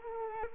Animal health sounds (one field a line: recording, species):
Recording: mosquito wingbeat signal from an infrared sensor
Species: Culex quinquefasciatus